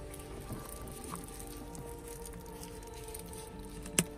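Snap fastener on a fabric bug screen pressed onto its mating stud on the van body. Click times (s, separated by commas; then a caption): 4.0 s. A snap fastener along the inside edge of a fabric bug screen is pressed onto its mating stud on the van body while the screen is fitted to the van's door opening. Several faint taps over a steady tonal background lead up to one sharp, loud snap at 4.0 seconds as the fastener seats in place.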